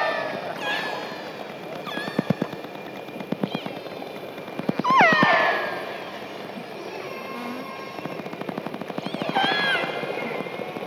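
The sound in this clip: Killer whale clicks: rapid trains of sharp clicks run through the recording, broken by several harsh pulsed calls that bend up and down in pitch.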